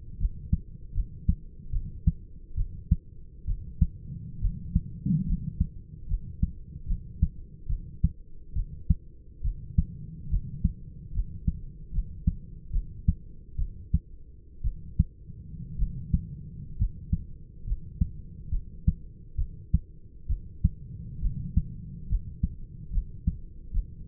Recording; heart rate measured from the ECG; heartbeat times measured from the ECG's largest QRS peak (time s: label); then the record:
heart sounds by stethoscope; 69 bpm
0.19 s: heartbeat
0.94 s: heartbeat
1.71 s: heartbeat
2.56 s: heartbeat
3.46 s: heartbeat
4.41 s: heartbeat
5.26 s: heartbeat
6.08 s: heartbeat
6.87 s: heartbeat
7.68 s: heartbeat
8.54 s: heartbeat
9.43 s: heartbeat
10.30 s: heartbeat
11.13 s: heartbeat
11.92 s: heartbeat
12.72 s: heartbeat
13.57 s: heartbeat
14.63 s: heartbeat
15.77 s: heartbeat
16.77 s: heartbeat
17.65 s: heartbeat
18.50 s: heartbeat
19.37 s: heartbeat
20.28 s: heartbeat
21.21 s: heartbeat
22.08 s: heartbeat
22.91 s: heartbeat
23.72 s: heartbeat
From the record:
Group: healthy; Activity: light exercise 0-1 s, rest 1-24 s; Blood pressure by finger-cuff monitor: 142/60 mmHg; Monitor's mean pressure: 81 mmHg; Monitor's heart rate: 70 bpm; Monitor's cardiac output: 7.2 L/min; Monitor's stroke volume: 106 mL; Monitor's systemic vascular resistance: 820 dyn s/cm5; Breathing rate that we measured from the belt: 11 breaths a minute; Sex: male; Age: 25 years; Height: 170 cm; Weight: 70.4 kg